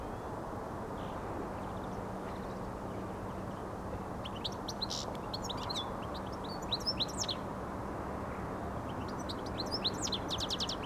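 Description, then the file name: European goldfinch song, quiet twittering phrases with quick trilled notes starting after a few seconds and returning near the end, over a low hum. "Carduelis carduelis"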